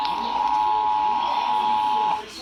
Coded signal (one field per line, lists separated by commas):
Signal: Emergency Alert System (SAME) tones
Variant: 853 and 960 Hz attention tone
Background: speech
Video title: eas alarme Afeganistão até Irlanda